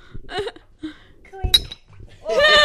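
Glasses clink together in a toast, a couple of sharp bright chinks with a short ringing tone, amid scattered voices and a burst of lively talk or laughter at the end.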